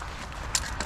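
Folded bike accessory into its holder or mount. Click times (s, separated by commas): 0.6 s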